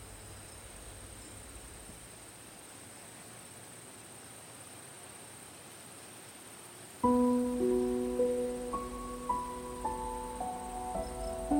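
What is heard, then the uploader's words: Soft crickets hold a steady, high, thin drone over a quiet hiss for the first seven seconds. Then a gentle piano enters, playing slow single notes and overlapping tones that ring and fade while the cricket drone continues underneath. Night Nature Sounds_ Soft Crickets, Beautiful Piano.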